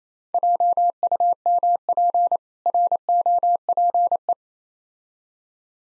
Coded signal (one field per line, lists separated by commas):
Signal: Morse code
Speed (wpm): 28 wpm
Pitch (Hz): 700 Hz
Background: none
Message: JUMP ROPE